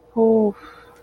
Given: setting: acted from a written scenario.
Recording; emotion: vocal sound without words; guilt